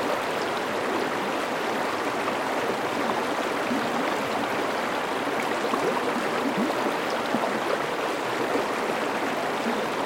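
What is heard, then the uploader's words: A babbling brook runs steadily, its dense, even wash of water filling the whole ten seconds without pause. Small splashes and gurgles flicker constantly through the flow, bright and quick, with little low rumble underneath. The Babbling Brook.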